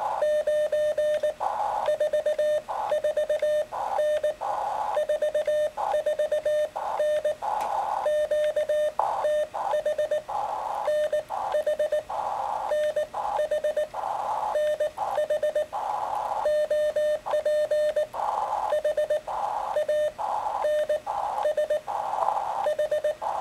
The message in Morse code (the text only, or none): 9 44N 44N QTH NH NH NH OP HANS H